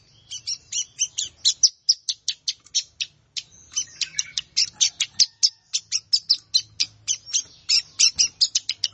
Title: Ciblek Sawah